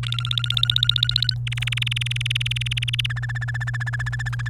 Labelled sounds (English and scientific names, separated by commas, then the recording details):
Domestic Canary (Serinus canaria) song
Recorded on 29 April 2018 at 11:03
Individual llb3